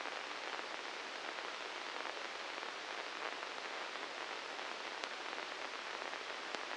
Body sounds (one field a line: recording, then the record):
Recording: brain microelectrode recording played as sound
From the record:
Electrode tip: inside the subthalamic nucleus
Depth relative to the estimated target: -1 mm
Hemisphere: right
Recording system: NeuroSet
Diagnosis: Parkinson's disease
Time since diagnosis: 19 years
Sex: female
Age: 69 years